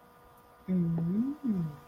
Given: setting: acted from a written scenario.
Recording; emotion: vocal sound without words; desire